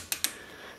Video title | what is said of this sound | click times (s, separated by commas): Remington Model 8 & 81 Barrel Disassembly - Spanner Wrench | you're going to hear a clicking sound that clicking sound is the teeth in the back of the barrel nut disengaging on the washer | 0.1 s, 0.2 s